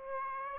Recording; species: mosquito wingbeat signal from an infrared sensor; Aedes aegypti